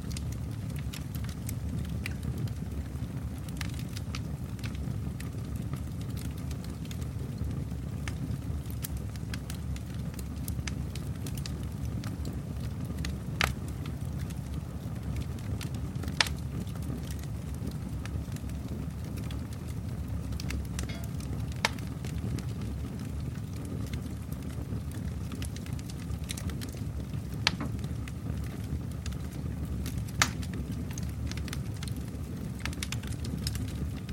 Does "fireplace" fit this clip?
yes